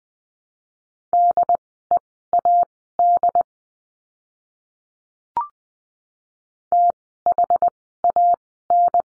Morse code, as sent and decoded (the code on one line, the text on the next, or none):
-.. . .- -.. / - .... .- -.
DEAD THAN